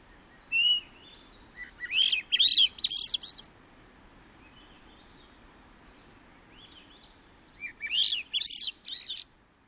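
Swainson's thrush song, a rising series of spiralling notes climbing higher, repeated after a gap of a few seconds, with a faint high thin twitter between.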